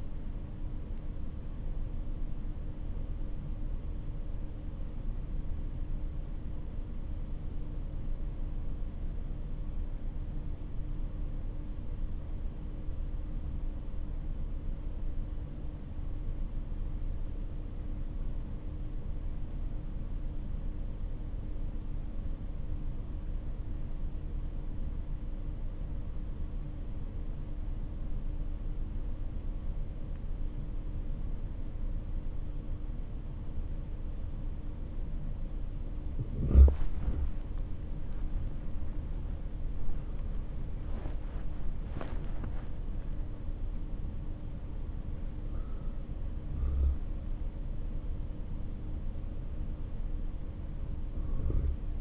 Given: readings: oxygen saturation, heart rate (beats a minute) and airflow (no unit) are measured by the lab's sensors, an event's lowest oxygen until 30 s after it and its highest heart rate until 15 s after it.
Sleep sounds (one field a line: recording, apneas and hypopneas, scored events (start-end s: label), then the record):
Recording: breathing in sleep by a smartphone at the bedside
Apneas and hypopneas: 1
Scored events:
4.00-35.60 s: obstructive apnea (REM, oxygen 97% highest, then 86% lowest, heart rate 53 at the start, 75 highest)
From the record:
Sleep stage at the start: REM sleep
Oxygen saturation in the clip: 87 to 97%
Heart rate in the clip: 53 to 75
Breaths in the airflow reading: 4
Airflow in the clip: -11.9 to 17.6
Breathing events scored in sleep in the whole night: 304 in 5.6 hours asleep